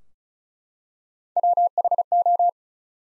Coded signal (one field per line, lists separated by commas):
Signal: Morse code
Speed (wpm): 34 wpm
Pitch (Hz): 700 Hz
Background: none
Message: WHO